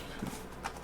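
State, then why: Seated. A polymer magazine is rocked into the magwell of an FAL rifle until it latches, with a short, sharp snap at 0.7 s over a low background rumble. The magazine seats, but the snap is weaker than it should be because these polymer magazines don't snap in as well as they should.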